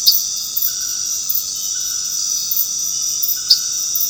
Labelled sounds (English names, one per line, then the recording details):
none
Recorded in dense forest near Puerto Asís, Putumayo, Colombia, on 8 March 2025 at 20:00
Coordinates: 0.486, -76.317
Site G053